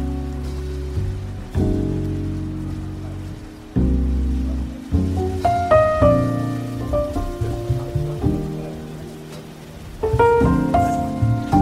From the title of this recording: Beach Cafe Ambience With Relaxing Coffee Shop Music, Ocean Waves, Soft Chatter